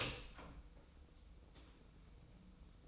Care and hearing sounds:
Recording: daily activity, microphone in the room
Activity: open door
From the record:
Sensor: 1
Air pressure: 990.4 hPa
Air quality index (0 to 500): 156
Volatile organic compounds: 1000 ppm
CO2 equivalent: 5678 ppm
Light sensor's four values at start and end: 33/75/33/35 and 33/74/32/34

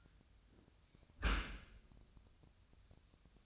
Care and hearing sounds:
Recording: daily activity, microphone in the room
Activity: close dishwasher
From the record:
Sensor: 2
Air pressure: 1004.5 hPa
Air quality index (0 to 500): 112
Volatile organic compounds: 3 ppm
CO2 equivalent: 1358 ppm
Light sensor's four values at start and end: 6/15/6/6 and 6/15/6/6

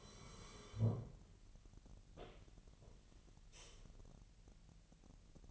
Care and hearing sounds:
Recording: daily activity, microphone in the room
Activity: sit down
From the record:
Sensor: 4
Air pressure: 1002.8 hPa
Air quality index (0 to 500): 248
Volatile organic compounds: 29 ppm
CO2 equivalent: 2944 ppm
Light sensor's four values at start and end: 9/22/9/9 and 9/21/9/9

